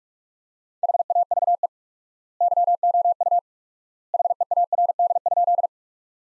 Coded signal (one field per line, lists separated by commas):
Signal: Morse code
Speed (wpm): 46 wpm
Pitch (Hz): 700 Hz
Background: none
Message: HAVE YOU HEARD?